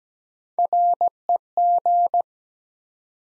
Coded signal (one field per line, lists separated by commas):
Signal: Morse code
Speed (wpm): 17 wpm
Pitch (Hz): 700 Hz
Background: none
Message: REG